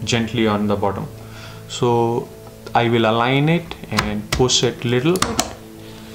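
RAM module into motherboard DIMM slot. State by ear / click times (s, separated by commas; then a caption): seated / 5.4 s. A Corsair Vengeance RGB PRO desktop RAM stick, the first of four, is lined up with the slot notch and pushed down into a DIMM slot on a TUF Gaming Z590 Plus motherboard while someone talks. A sharp click at 5.4 s is the slot's retention latch snapping up, locking the module automatically. The RAM is seated.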